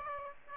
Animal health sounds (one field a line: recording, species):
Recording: mosquito wingbeat signal from an infrared sensor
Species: Aedes aegypti